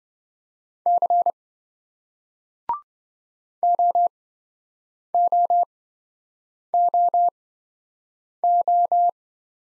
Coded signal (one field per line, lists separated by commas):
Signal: Morse code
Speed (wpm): 28 wpm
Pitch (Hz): 700 Hz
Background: none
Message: C OOOO